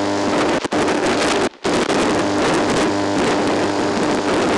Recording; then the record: brain microelectrode recording played as sound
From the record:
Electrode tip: outside the subthalamic nucleus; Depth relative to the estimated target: -6 mm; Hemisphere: left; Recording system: NeuroSet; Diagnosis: Parkinson's disease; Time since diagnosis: 9 years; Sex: male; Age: 61 years